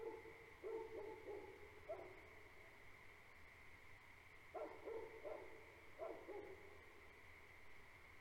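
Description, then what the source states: Great Pyrenees barking in short deep bursts, a few quick barks then a pause of a few seconds before another cluster, over a steady high-pitched frog chorus. Two livestock guardian dogs barking at night on a farm for the first five minutes, then periodically; frog chorus present; recorded March 2021.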